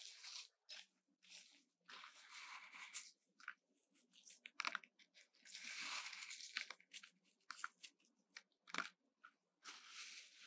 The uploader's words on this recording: ASMR 泡澡.沐浴球觸發 | Bath Bombs Sounds | NoTalking.